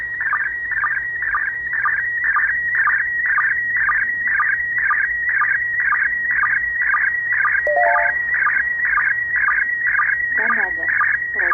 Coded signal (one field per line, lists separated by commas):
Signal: SSTV (slow-scan television)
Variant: PD 120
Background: speech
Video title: SSTV image Decoding Intetnational Space Station